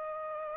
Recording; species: mosquito wingbeat signal from an infrared sensor; Aedes aegypti